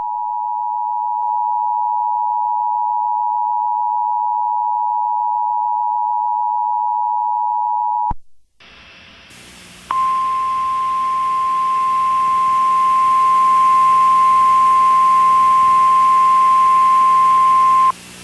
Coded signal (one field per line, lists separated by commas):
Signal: Emergency Alert System (SAME) tones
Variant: 853 and 960 Hz attention tone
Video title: EAS Mock; WHY IS IT HERE, IM SLIPPIG OH FUQ NO-